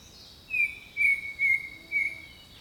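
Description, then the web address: Bird song: four clear whistled notes on a steady high pitch, the first slightly higher, spaced about half a second apart, over a constant insect hum. Jungle birdsong. "Echoes of Nature - Jungle Talk 01 Jungle Birdsong"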